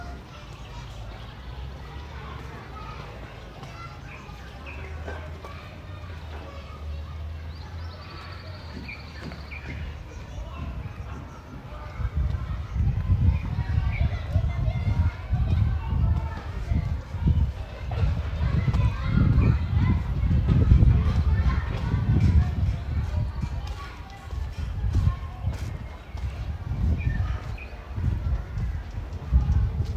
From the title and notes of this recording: Tel Aviv City Sounds. Walking In Ramat Aviv, Israel. Walking Around The Tel Aviv University.